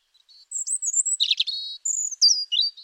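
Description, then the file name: European robin song: a single rapid, varied phrase of thin high whistles sliding into trilled, tinkling notes. "Erithacus rubecula"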